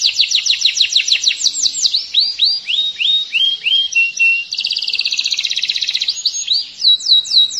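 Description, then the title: Canary delivering fast high trills, then spaced descending whistled notes, followed by a dense buzzy rattle and a final run of repeated sweeps. "Kenari"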